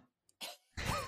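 Two harsh, noisy bursts about a third of a second apart, the second louder and partly voiced, like a short coughing fit with some rasp. A nasty cough.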